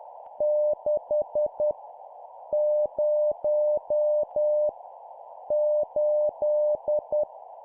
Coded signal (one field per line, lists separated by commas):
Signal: Morse code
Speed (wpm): 10 wpm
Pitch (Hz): 600 Hz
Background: none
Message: 6 0 8